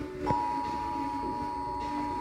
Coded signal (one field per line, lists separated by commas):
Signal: Emergency Alert System (SAME) tones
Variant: 853 and 960 Hz attention tone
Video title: Required Monthly Test EAS #66